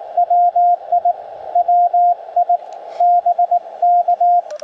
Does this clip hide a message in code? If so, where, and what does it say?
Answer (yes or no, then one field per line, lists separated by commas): yes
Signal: Morse code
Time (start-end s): 0.2-4.4 s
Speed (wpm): 19 wpm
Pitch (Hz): 700 Hz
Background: radio noise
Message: WI WI BK